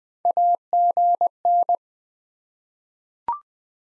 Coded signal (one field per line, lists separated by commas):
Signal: Morse code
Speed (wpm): 20 wpm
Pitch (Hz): 700 Hz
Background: none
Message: AGN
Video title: Top 20 QSO Elements 20wpm